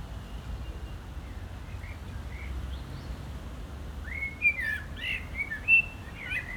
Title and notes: Agaete, Las Palmas, Espagne - Blackbird singing in the barranco. Blackbird, cars from the road nearby. Un merle chante dans le barranco, voitures sur la route pas loin